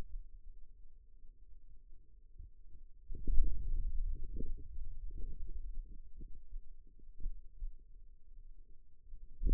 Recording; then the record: forearm muscle sounds (acoustic myography)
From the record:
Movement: hand opening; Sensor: system 2, bracelet of six BSWA MPA416 microphones around the upper forearm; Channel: 5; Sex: male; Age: 22 years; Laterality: right